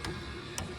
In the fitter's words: click. It's not much. 80 inch-pounds ain't much.